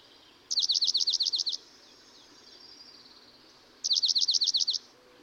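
Dark-eyed junco gives two trills of repeated high, sliding notes, each about a second long, roughly three seconds apart, over light background noise.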